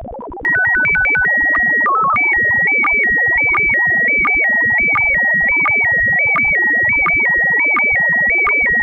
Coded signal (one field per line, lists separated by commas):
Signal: SSTV (slow-scan television)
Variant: PD 90